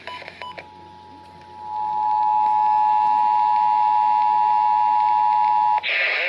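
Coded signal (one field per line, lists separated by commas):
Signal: Emergency Alert System (SAME) tones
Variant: 853 and 960 Hz attention tone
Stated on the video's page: Tornado drill alerts.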